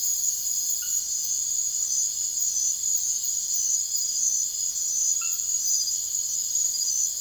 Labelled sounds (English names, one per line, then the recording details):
none
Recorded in secondary vegetation near Puerto Asís, Putumayo, Colombia, on 9 March 2025 at 03:30
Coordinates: 0.489, -76.322
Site G042